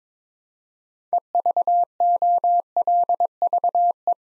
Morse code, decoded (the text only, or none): EVOLVE